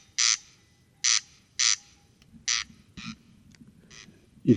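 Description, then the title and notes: Corn crake rasping notes, several dry grating bursts that grow softer and irregular, ending with a brief low thump. Singing bird near a peat bog, Col Bayard, Hautes-Alpes, 12 July 2018; sang continuously from 11 pm until dawn; recorded with Nagra Seven and Telinga Pro7. "Col Bayard - Hautes Alpes. Râle des genêts"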